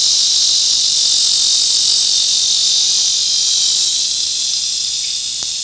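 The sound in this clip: Lyric cicada giving a loud, high, continuous buzz that holds steady throughout and eases slightly toward the end.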